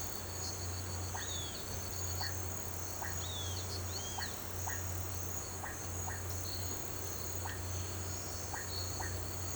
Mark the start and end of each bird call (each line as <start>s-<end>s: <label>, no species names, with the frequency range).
1.14s-1.63s: bird call (2.5-4.7 kHz)
3.19s-4.32s: bird call (2.8-4.9 kHz)